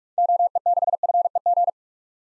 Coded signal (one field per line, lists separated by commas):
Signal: Morse code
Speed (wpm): 45 wpm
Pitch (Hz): 700 Hz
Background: none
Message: OE6FEG